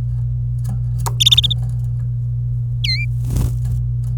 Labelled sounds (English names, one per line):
Domestic Canary song